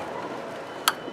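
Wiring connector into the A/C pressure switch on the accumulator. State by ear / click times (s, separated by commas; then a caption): seated / 0.9 s. A wiring plug that was unplugged earlier is pushed back onto the A/C pressure switch on the accumulator of a Ford Crown Victoria, Mercury Grand Marquis or Lincoln Town Car. A low, steady background hum runs under a single sharp, bright click at 0.9 s as the connector snaps into place, and the connector is confirmed seated.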